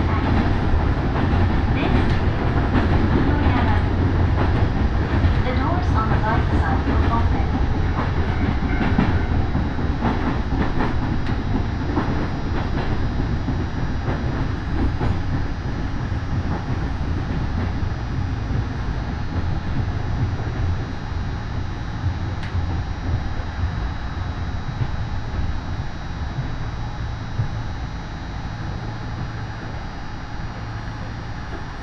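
A Yoro Railway train ride, with a dense, steady low rumble of wheels on track throughout. Irregular clicks and clacks over rail joints stand out in the first half, then the run settles into a slightly quieter, smoother roll with a faint steady whine.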